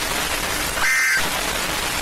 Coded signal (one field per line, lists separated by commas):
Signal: Emergency Alert System (SAME) tones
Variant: end-of-message bursts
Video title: Loud EAS alarm (recommend turning down volume)